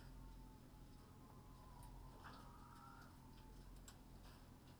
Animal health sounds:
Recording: poultry house recording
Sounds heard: healthy chickens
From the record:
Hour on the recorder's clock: 19

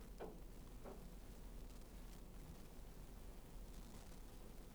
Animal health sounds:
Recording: poultry house recording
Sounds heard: no chicken sound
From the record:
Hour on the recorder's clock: 12

